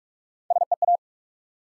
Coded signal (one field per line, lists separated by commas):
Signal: Morse code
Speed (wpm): 44 wpm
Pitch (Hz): 700 Hz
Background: none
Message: SEA